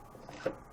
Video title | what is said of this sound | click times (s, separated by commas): Mission Sub 1 XR vs. Ravin R10 vs. Barnett Raptor FX3 crossbow | just push that forward until it clicks it'll be in safe mode when you do that | 0.5 s